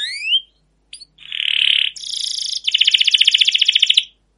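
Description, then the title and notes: Canary song: a rising whistle, a short buzzy rattle, then a loud rapid trill of evenly repeated notes lasting over a second. Long continuous canary song used as a lure to train other canaries to sing. "CUIT CUIT NGEROL LANGSUNG GACOR PANJANG Kenari Ini AMPUH Utk Pancingan KENARI. burung kenari"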